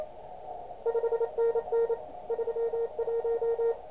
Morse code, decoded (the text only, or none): 5NN 31